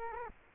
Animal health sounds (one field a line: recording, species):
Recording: mosquito wingbeat signal from an infrared sensor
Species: Culex quinquefasciatus